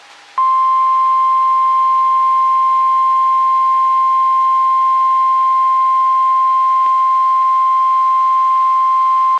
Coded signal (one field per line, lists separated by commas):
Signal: Emergency Alert System (SAME) tones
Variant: 1050 Hz attention tone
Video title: EAS #855-867 (Late June 2021)